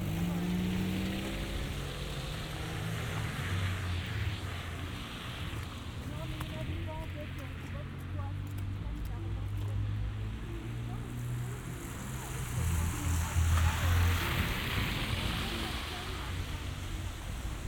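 A binaural winter walk through Montreal, with a steady low rumble of traffic running underneath throughout. Voices murmur faintly at times, and a brighter hiss swells near the end, around twelve to fifteen seconds, as a vehicle seems to pass.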